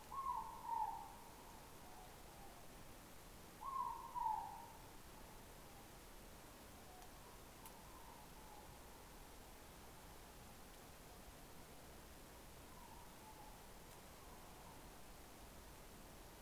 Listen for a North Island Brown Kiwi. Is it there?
no